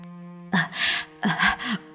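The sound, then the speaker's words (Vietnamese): An older woman pants and gasps for breath in two ragged bursts, each a cluster of harsh, breathy inhalations and exhalations over a low steady hum, with a brief pause between them. “Bà ta bắt đầu thở dốc”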